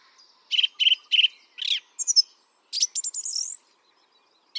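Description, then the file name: Song thrush song: one note repeated three times, a lower slurred note, a quick triple, then a rapid trilled phrase rising into a whistle. "Pevchij drozd - Pesnya pevchego drozda"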